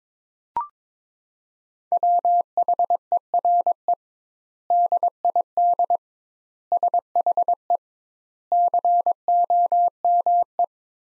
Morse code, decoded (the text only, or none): WHERE DID SHE COME